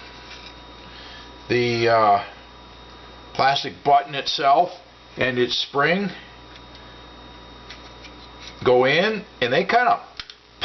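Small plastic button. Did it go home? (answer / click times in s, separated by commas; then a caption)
partly / 7.7 s. Someone talks while the plastic magazine release button and its spring are pushed into a Beretta pistol frame on the left side. A short click at 7.7 s is heard as the button pops partly into place, but it is not fully in yet.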